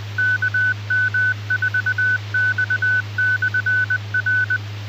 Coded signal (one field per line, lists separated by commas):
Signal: Morse code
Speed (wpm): 20 wpm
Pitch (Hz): 1500 Hz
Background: none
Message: KM4X/R